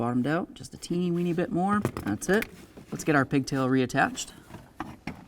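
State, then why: Seated. A wiring harness pigtail connector is pushed onto a new plastic blower motor resistor module on a 2004-14 Ford F-150. Someone talks for most of the clip, then two sharp clicks are heard at 4.8 and 5.1 seconds as the connector seats. The connector is locked in place.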